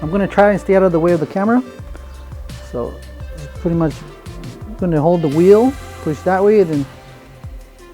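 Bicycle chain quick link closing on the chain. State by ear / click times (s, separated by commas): not seated / none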